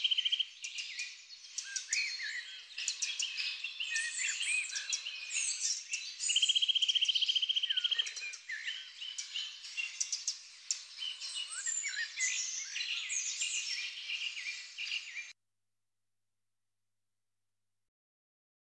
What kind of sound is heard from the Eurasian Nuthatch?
song